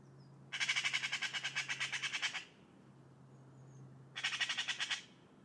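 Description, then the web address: Bird producing rasping, pulsed chatter in two bursts, a longer one nearly two seconds and a shorter one, over a faint steady low hum. "cianscape birddata Deverinetal 2025"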